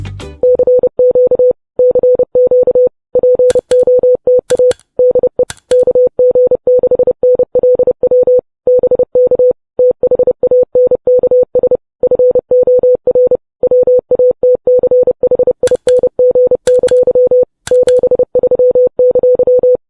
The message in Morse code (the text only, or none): CQ CQ POTA DE KG6NLW BK THANKS FOR WATCHING! 73!